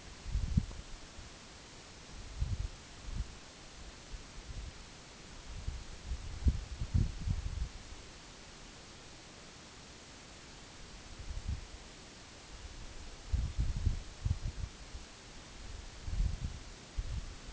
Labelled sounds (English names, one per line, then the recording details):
none
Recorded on Arctic tundra, site NAIT-1, on 2 July 2019
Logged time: 18:00